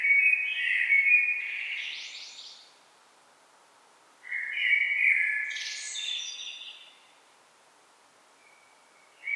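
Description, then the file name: Common blackbird song: two mellow warbled phrases that sweep up into high, scratchy twitters, and a third phrase just beginning. "Turdus merula"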